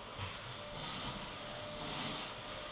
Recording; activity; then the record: daily activity, microphone in the room; vacuum cleaning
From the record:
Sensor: 4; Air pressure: 1002.9 hPa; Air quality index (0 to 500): 242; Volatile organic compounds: 18 ppm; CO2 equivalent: 2631 ppm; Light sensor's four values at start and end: 5/11/4/5 and 5/11/4/5